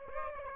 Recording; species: mosquito wingbeat signal from an infrared sensor; Aedes aegypti